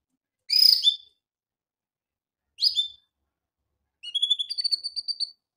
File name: canary